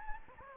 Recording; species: mosquito wingbeat signal from an infrared sensor; Anopheles gambiae